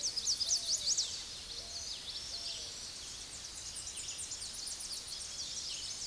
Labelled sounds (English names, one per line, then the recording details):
Common Yellowthroat song
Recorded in a Pennsylvania forest on 16 May 2024 at 06:10
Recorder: AudioMoth, point MSD-0438
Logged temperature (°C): 14.5 °C
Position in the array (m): 85 m, 83 m